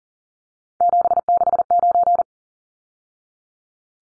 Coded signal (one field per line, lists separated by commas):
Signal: Morse code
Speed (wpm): 40 wpm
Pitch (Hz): 700 Hz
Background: none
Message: 769